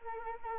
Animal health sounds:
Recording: mosquito wingbeat signal from an infrared sensor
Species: Anopheles arabiensis

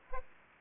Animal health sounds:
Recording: mosquito wingbeat signal from an infrared sensor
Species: Aedes aegypti

